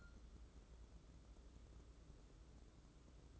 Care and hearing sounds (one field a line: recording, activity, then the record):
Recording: daily activity, microphone in the room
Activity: take from stove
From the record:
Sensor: 3